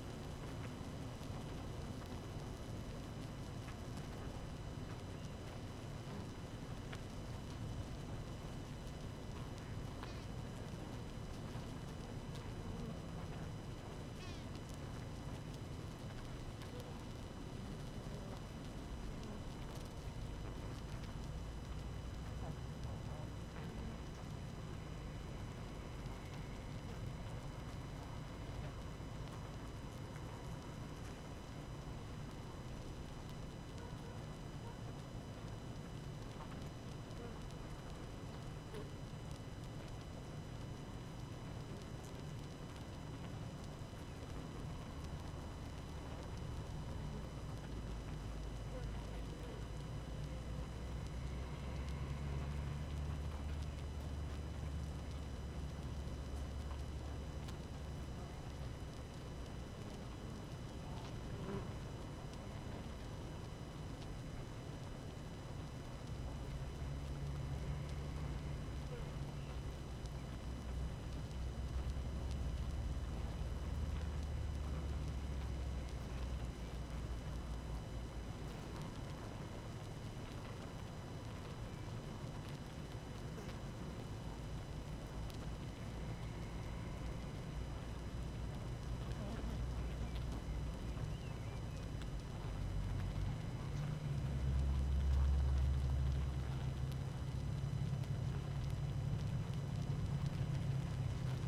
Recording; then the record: honeybee colony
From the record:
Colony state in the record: active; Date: 12 June 2018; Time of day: 17:47